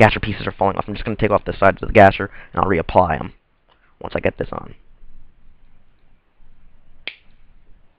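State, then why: Seated. Someone talks while pushing a plastic armor piece of an action figure back onto its ball joint. After a quiet stretch, a single sharp pop is heard at 7.1 seconds as the piece seats on the joint.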